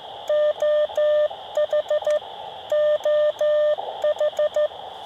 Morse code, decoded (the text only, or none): OH OH